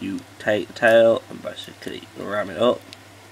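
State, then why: Not seated. Someone talks while handling the tail and back-leg section of a plastic transforming robot figure, getting ready to push it up hard into the figure's main body. Only speech and a low background hum are heard, and nothing has seated or clicked yet.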